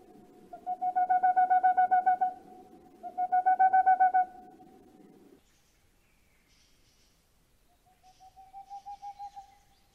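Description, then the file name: Boreal owl giving two loud quick hoot series, then after a pause a quieter, softer trill. "Rauhfusskauz"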